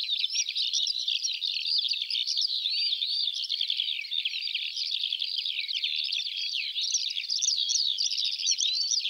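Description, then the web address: Eurasian skylark pouring out unbroken song, fast, varied chirps, trills and whistles tumbling without pause throughout, with no other sounds. "IVN Zangvogels. Veldleeuwerik"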